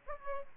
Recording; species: mosquito wingbeat signal from an infrared sensor; Aedes albopictus